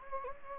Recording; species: mosquito wingbeat signal from an infrared sensor; Anopheles gambiae